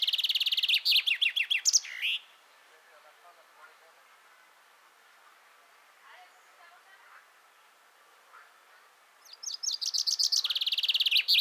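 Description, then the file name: Common chaffinch song: a bright descending trill of rapid notes ending in a flourish, heard at the start, then after a quiet gap another bout begins near the end. "Fringilla coelebs"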